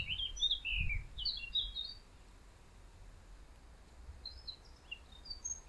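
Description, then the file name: Eurasian blackcap song: a short, lively burst of warbled notes at the start, then scattered faint notes later. "Sylvia atricapilla"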